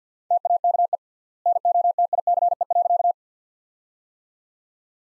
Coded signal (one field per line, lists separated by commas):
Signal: Morse code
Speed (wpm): 50 wpm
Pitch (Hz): 700 Hz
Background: none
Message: TAKE NOTICE.